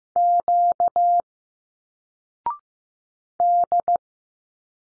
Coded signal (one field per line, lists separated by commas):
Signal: Morse code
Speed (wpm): 15 wpm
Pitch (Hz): 700 Hz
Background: none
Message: Q D